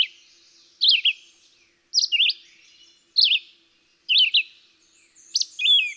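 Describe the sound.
Red-eyed Vireo delivering brief, slurred whistled phrases, one roughly every second, each phrase varying in shape, rising and falling.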